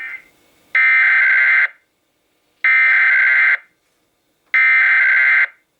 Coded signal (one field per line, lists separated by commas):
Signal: Emergency Alert System (SAME) tones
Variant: header bursts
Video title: I LEFT IT AT HOME... EAS Tests from May, 2021 (EAS #5,763 - 5,774)